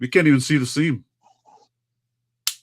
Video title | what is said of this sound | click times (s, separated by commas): Greyhound & friends! | Yeah, I just heard it click in. | 2.5 s